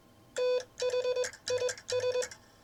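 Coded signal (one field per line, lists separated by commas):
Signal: Morse code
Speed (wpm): 21 wpm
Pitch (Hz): 500 Hz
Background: none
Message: THIS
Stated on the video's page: Morse sent on a Vibroplex bug in classic bug style with some timing off, from the sender's Novice days, offered as bug copy practice.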